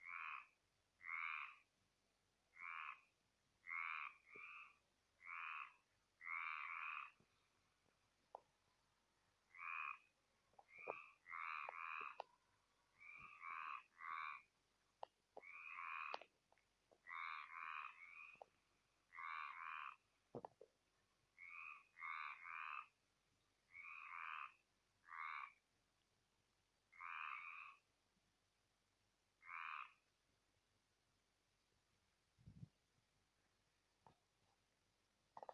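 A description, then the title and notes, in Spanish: Toads and frogs croak at night near a stream, one voice repeating short raspy calls roughly every second, in bursts with brief pauses. The calls sit in a mid-to-bright range, clear, over a quiet background with occasional faint clicks and a low thump near the end. El sonido de sapos y ranas croando por la noche cerca de la riera de Merlès en la comarca barcelonesa de El Berguedà. Sapos croando por la noche.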